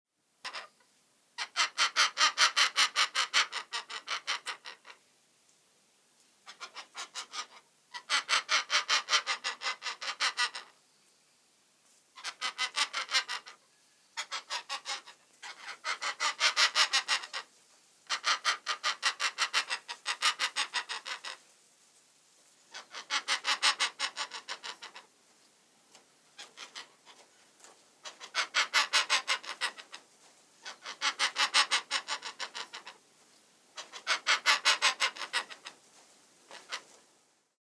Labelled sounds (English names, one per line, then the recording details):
White Cockatoo
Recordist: Tembrock, Günter
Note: Männchen: Lautfolgen